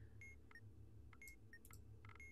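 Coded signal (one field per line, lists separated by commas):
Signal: none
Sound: game module beeps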